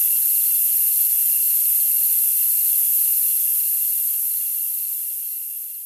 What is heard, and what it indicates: Tinnitus Zapper 2 with Crickets 13 k Hz Noise Masking Audio.